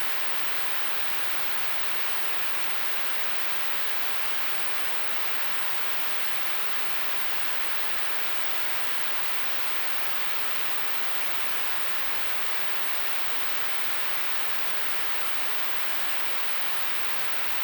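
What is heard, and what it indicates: A steady, unchanging hiss fills the whole clip: a rushing, static-like noise with no rhythm, pauses or change in loudness. It portrays noise-type tinnitus, a constant hissing heard in the ears without any outside sound.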